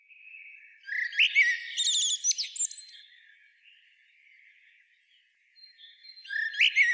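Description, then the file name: Common blackbird calls: a quick jumble of squeaky, high twittering notes, a soft trailing passage, then one more brief shrill burst at the end. "Turdus merula"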